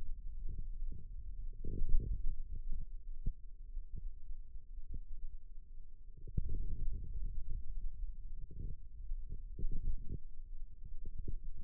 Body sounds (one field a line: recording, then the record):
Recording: forearm muscle sounds (acoustic myography)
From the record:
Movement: radial deviation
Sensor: system 2, bracelet of six BSWA MPA416 microphones around the upper forearm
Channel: 4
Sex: male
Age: 22 years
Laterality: right